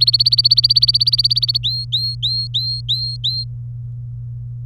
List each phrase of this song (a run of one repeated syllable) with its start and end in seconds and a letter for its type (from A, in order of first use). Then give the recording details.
0.00-1.58 A, 1.63-3.44 B. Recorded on 24 April 2018 at 11:22. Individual llb3